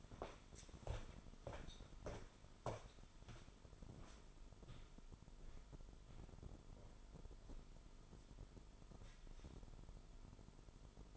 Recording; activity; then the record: daily activity, microphone in the room; walk to room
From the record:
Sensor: 5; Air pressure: 988.3 hPa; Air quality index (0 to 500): 195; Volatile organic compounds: 65 ppm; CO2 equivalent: 3466 ppm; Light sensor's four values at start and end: 48/136/55/61 and 48/144/56/60